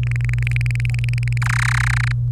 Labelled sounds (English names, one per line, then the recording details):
Domestic Canary song
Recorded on 25 April 2018 at 16:37
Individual llb3